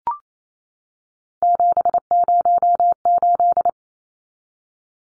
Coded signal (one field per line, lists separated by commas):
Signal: Morse code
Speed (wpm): 28 wpm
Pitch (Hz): 700 Hz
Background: none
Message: 708